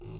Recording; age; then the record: pig call; weaner (32 to 43 days)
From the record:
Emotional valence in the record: negative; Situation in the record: novel object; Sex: female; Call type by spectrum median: low-frequency call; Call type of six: low-frequency stable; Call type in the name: low-frequency stable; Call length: 0.20 s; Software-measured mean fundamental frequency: 52 Hz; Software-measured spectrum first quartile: 108 Hz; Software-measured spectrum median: 221 Hz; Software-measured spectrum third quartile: 532 Hz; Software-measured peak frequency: 360 Hz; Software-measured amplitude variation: 105 dB a second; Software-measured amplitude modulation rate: 35.0 a second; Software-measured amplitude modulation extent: 3.0 dB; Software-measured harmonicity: 0.7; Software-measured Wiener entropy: 0.04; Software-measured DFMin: 843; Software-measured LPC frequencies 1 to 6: 319, 973, 2700, 4052, 4821, 5628 Hz